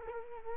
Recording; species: mosquito wingbeat signal from an infrared sensor; Culex quinquefasciatus